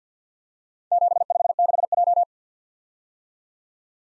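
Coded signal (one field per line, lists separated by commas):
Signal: Morse code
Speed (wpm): 46 wpm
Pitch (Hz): 700 Hz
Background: none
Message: 756J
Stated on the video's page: Morse practice drill of random four-character letter-number groups at 50 wpm, each sent, then spoken, then sent again for head-copy.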